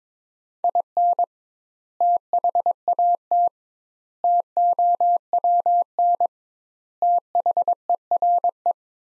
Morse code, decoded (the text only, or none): IN THAT TOWN THERE